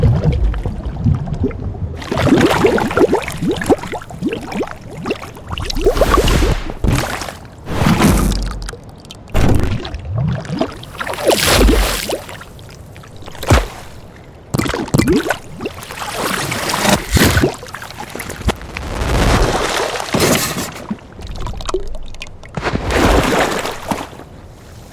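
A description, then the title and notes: Designed water sounds: a run of sloshing, pouring surges and splashes, each swelling and breaking off every second or two. Bright and busy throughout, with heavier rushes around the two, eleven, seventeen and twenty-three second marks and a low rumble beneath. Designed Water Sound Effects. Created by Bluezone Corporation.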